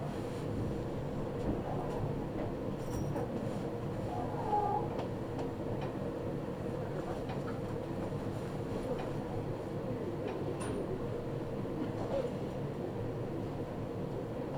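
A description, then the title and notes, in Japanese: A Meitetsu train runs along the Chita New Line and Kowa Line with a steady, dense low rumble and rolling wheel noise throughout. Faint clicks recur, a short squeal rises near five seconds, and a brief high whine appears around eleven seconds. 名古屋鉄道 知多新線・河和線 内海→富貴→河和。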